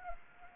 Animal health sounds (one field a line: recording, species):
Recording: mosquito wingbeat signal from an infrared sensor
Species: Anopheles gambiae